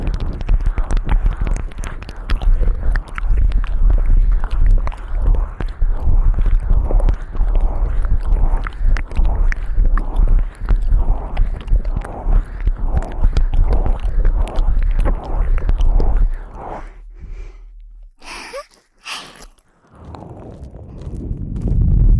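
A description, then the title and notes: Wet mouth sounds fill the clip with dense, rapid clicks, smacks and soft sucking, steady for about the first seventeen seconds. After that the sound thins into sparse, quieter smacks with short gaps, then a low, muffled rumble builds near the end. ASMR Ear Eating Tingles.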